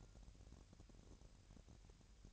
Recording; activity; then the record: daily activity, microphone in the room; take from stove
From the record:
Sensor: 2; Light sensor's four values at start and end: 70/165/67/64 and 69/165/67/64